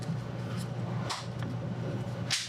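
The plastic top cover of a BMW smart key fob is handled over the housing after the circuit board has gone back into the casing, with brief soft plastic handling noises around 1.1, 1.4 and 2.3 seconds over a steady low hum. Nothing has seated or clicked yet; the cover is not yet snapped shut.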